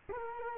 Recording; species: mosquito wingbeat signal from an infrared sensor; Culex quinquefasciatus